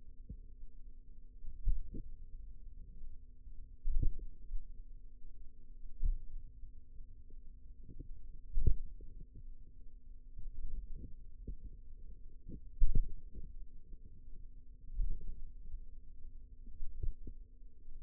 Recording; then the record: forearm muscle sounds (acoustic myography)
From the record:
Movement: finger pinch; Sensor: system 2, bracelet of six BSWA MPA416 microphones around the upper forearm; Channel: 4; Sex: female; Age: 22 years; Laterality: right